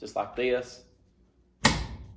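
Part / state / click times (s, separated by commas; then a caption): rear section of pistol conversion chassis into chassis body / seated / 1.7 s. Someone talks, then the rear section of a polymer pistol-conversion chassis is slid into the back of the chassis body with the pistol inside. It latches with a sharp click at 1.6 s, and the piece is seated.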